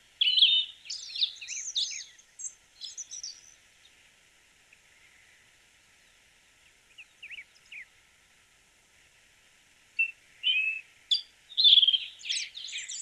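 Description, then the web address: Slaty thrush singing high, squeaky, scratchy phrases in bursts, with a quieter stretch of soft notes in the middle. "cantos zorzalplomizo"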